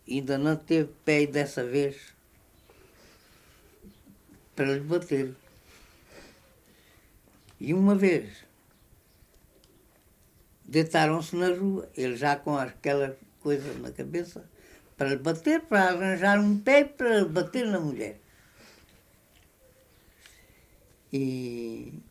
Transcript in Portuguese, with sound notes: ainda não teve pé, dessa vez, [pausa] para lhe bater. [pausa] E uma vez deitaram-se na rua – ele já com aquelas coisas na cabeça para lhe bater, para arranjar um pé, para lhe bater, na mulher – e